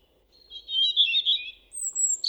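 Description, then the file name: European robin song phrase: a thin, warbling run of high notes, then a long, very high sustained whistle. "Erithacus rubecula"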